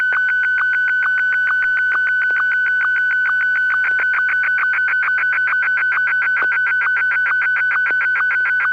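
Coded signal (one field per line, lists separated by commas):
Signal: SSTV (slow-scan television)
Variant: Martin 1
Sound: steady mid-pitched tone with rapid regular ticking blips, unchanging throughout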